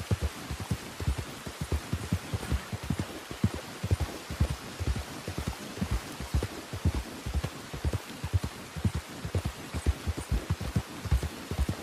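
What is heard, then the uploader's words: Wilderness weather sounds: steady rain, with a constant fizzing hiss of drops across the whole clip. Heavier drops land as rapid, irregular low thumps, several each second, like water striking a surface. The patter never lets up and stays fairly even in loudness. The ambient sounds of the wilderness, wildlife, and weather.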